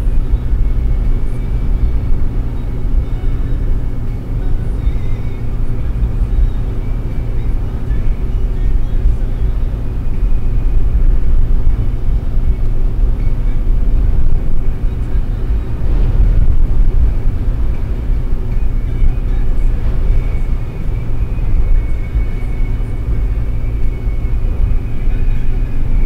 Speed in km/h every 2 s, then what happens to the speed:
120, 119, 116, 115, 116, 116, 116, 116, 115, 115, 114, 113, 115.
0-21 steady at about 116.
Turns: none.